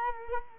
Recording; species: mosquito wingbeat signal from an infrared sensor; Culex quinquefasciatus